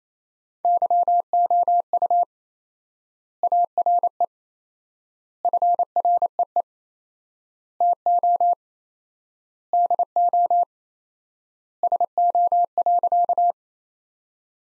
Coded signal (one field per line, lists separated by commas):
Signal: Morse code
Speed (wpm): 28 wpm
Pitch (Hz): 700 Hz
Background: none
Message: YOU ARE FREE TO DO SO.